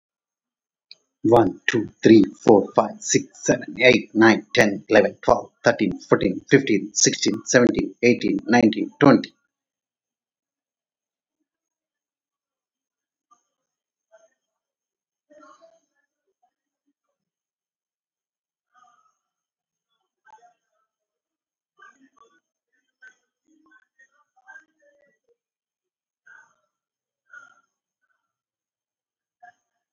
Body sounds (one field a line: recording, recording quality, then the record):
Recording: counting at a fast pace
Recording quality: poor, much background noise or distortion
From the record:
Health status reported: COVID-19 positive, no symptoms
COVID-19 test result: positive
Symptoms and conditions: hypertension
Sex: male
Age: 42 years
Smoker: not ticked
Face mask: not worn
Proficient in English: yes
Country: India